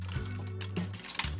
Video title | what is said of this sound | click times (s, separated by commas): The Mysterious Hello Carbot Life X, Pentastorm X's Powerup - Review | get that nice solid click in there | 1.2 s